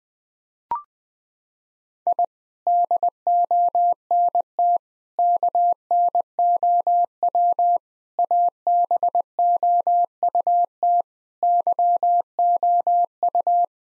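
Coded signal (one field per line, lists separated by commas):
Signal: Morse code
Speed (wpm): 20 wpm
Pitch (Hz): 700 Hz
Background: none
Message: I DONT KNOW ABOUT YOU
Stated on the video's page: Morse code head-copy drill at 20 wpm of common seven-word groups, each sent, spoken, then sent again.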